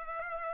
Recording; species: mosquito wingbeat signal from an infrared sensor; Culex pipiens